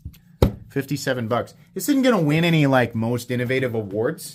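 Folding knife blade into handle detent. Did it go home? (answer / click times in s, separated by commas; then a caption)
yes / 0.4 s. A Remette RT Bee G folding knife's blade is closed into its handle and snaps into the closed-position detent with a sharp click at 0.4 s. Someone then talks. The close is a nice click with perfect centering and no detent lash.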